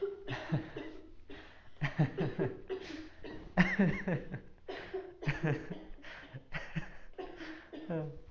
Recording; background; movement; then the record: laughter; a bystander coughing; sitting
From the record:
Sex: male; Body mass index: 20.5 kg/m2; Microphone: on the chest, facing outward